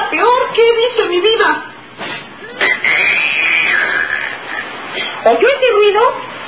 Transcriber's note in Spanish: Se oye un crujido